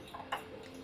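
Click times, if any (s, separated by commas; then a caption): 0.3 s. A ratchet turns a bolt in the fuel filter mounting hole on a 7AFE engine, but the bolt will not tighten. A single sharp tick at 0.3 s is the thread slipping, and the bolt's thread is stripped.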